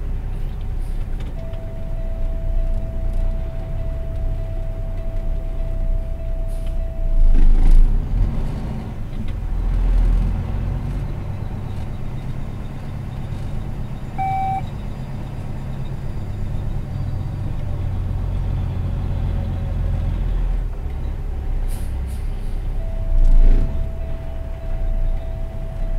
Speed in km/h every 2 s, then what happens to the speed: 0, 0, 0, 0, 0, 8, 8, 8, 8, 8, 6, 2, 3.
0-8 standing. 8-10 pulls away to 8. 10-19 steady at about 8. 19-22 slows to 2. 22-26 standing.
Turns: none.